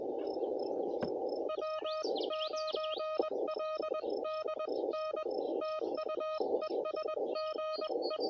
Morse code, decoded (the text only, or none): W9LDN TU ES GE